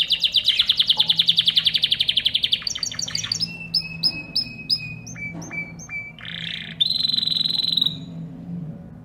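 Bird singing a fast rattling trill, then sharp clicking notes and short whistled tones, closing with a buzzy high trill.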